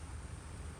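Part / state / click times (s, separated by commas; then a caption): crimped wire terminal into harness connector cavity / not seated / none. A white wire's crimped terminal is being pushed, crimp side down, toward pin 9 of the mirror harness connector while wiring 2014–2018 Silverado/Sierra tow mirrors with factory turn signals. Only a steady broadband hiss with a low rumble is heard, with no distinct transients. Nothing has seated or clicked yet.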